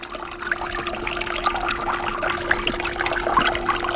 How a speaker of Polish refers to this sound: Dźwięk szumiącej wody pochodzi z fontan, które zaprojektowała i wykonała Alicja Patanowska. To są takie ceramiczne fontanny, które stoją w atrium budynku Justus Lipsius.